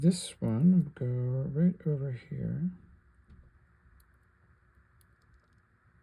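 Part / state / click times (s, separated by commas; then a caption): cannon pinion on a watch movement / not seated / none. A small steel cannon pinion is positioned on the movement of a 1970 Bulova Sea King watch during its restoration while someone talks for the first three seconds. After that, only faint, soft ticks are heard, around 4.0 s and 5.0 s, over a quiet background. Nothing has seated or clicked into place yet.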